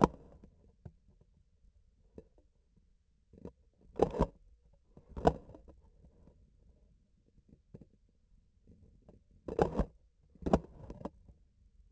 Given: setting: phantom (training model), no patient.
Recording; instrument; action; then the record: laparoscopic instrument, vibration sensor on the handle end; grasping forceps; opening and closing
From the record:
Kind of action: tool actuation without material contact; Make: other than Olympus